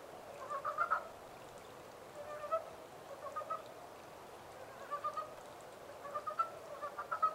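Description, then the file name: Montane brown frog calls: soft, clucking pulsed notes in scattered small groups, with quiet stretches between bursts. 14 April 2010. "yamaakagaeru-20100414"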